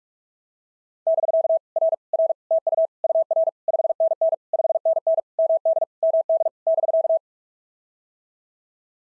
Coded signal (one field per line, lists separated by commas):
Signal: Morse code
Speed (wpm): 44 wpm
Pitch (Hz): 650 Hz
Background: none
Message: <BK> R R TU UR 5NN 5NN MD MD <BK>